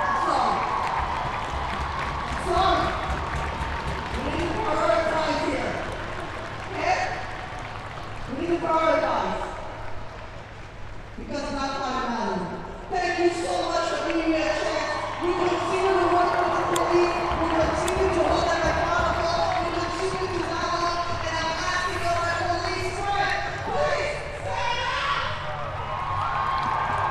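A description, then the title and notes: Street protest sounds with voices talking and calling out over one another throughout, dense and fairly steady in loudness. A low rumble or hum runs underneath, and brief sharp knocks or thumps turn up now and then. Protest Ambience. The sounds of the streets during yesterday’s march/protest.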